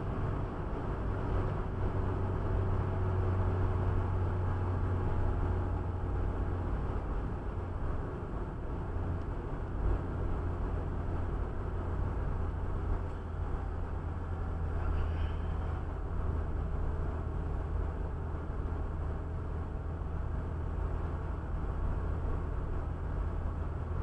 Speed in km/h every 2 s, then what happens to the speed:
90, 88, 86, 83, 82, 82, 80, 77, 76, 76, 76, 77.
0-15 slows to 76. 15-24 steady at about 76.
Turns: none.